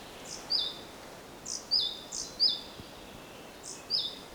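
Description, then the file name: Great tit singing a sharp high note followed by a lower slurred note, repeated about four times. "Parus major"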